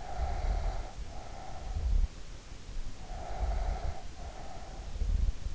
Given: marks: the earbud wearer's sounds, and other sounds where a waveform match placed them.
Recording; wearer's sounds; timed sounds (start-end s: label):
sounds in sleep by an in-ear microphone; breath
0.00-2.19 s: breath
2.71-5.55 s: breath